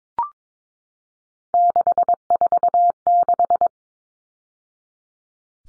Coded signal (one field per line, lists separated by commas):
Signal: Morse code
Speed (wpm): 22 wpm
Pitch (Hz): 700 Hz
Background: none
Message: 646